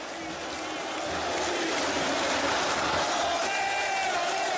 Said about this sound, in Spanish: Sí, sí, estalla el CFP 24 en ovación. Muchas gracias a la gente que se vino de Hurlingham.